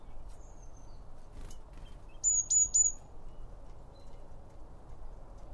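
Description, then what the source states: Birds: a bird gives three loud, high, sharp chirps in quick succession, with faint softer chirps around them and a quiet low hiss. Birds around a bird feeder, recorded with two Line Audio OM 1 microphones.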